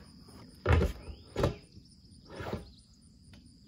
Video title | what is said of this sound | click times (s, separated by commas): MOULTRIE DEER FEEDER STANDARD REVIEW | the paperwork and then obviously you got your lid you just twist it on and it locks | 1.4 s